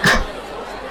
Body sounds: coughing mixed with background sound

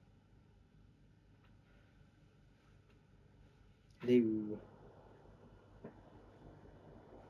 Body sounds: background sound without coughing

